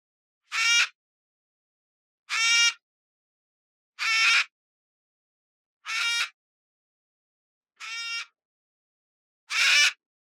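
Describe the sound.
Citron-crested cockatoo squawks: six loud harsh screeches, each about half a second, repeated roughly every two seconds with silence between.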